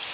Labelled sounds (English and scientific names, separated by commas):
Yellow-rumped Warbler (Setophaga coronata) flight call